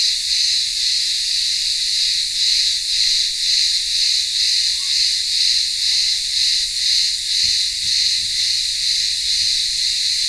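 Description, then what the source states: Cicadas buzz in a dense pulsing drone, about two throbs a second; a few faint short chirps and a soft low knock behind. Cicadas in a town square of a remote Greek village on Ikaria island, Greece, in midday heat.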